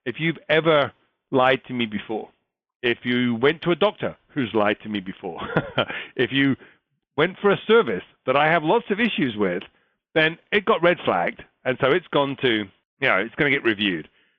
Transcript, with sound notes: if you’ve ever lied to me before, if you went to a doctor who’s lied to me before, [laugh] if you went for a service that I have lots of issues with, then it got red-flagged, and so it’s going to get reviewed.